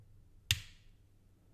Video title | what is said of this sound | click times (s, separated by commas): Relaxing LEGO Build - The Burrow: Diner - Calm, Cozy Narration | We're going to add that right there with a hopefully satisfying click. | 0.5 s